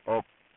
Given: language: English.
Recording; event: throat vibration sensor signal played as sound; speech